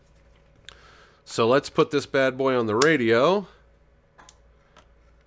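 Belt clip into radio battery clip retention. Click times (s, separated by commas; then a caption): 0.7 s. A belt clip is slid into its retention slot on the back of a MOTOTRBO R7 two-way radio battery and snaps into place with a single sharp click at 0.7 s. Someone then talks from about 1.3 s to 3.5 s, followed by two fainter ticks at 4.3 s and 4.8 s.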